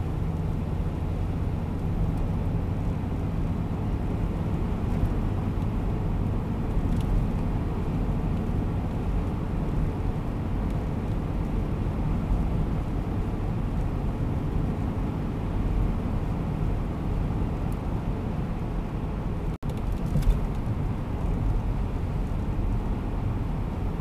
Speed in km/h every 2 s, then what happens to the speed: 88, 90, 93, 94, 95, 95, 96, 96, 95, 93, 91, 90.
0-10 speeds up to 95. 10-24 steady at about 95.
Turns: none.